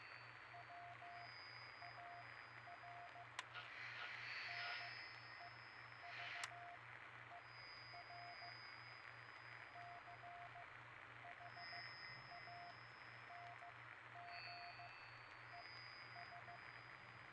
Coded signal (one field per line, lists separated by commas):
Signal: Morse code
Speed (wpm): 15 wpm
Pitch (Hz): 700 Hz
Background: radio noise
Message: WAR NEVER CHANGES